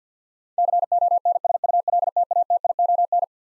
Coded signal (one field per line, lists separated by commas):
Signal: Morse code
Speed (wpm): 50 wpm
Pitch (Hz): 700 Hz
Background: none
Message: CONSULTATION